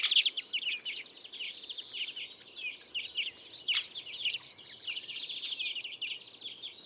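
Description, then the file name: European greenfinch calls: a run of twittering, buzzy chirps that opens loudly and then continues more softly, with occasional clicks. "Chloris chloris"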